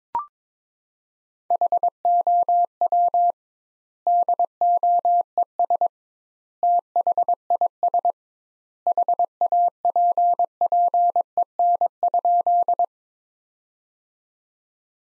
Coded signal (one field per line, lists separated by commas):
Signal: Morse code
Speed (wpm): 22 wpm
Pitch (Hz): 700 Hz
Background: none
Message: HOW DOES THIS HAPPEN?